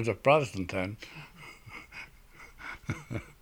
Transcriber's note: he laughs